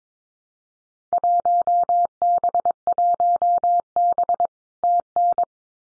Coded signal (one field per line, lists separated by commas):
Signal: Morse code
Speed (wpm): 22 wpm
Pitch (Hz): 700 Hz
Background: none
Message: 1B1B TN